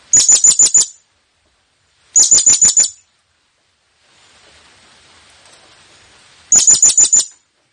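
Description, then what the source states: Blue-crowned hanging parrot: three bursts of five or six shrill, high-pitched notes, the last after a longer pause filled with faint hiss. Presented as an effective lure call for attracting the bird; local name serindit.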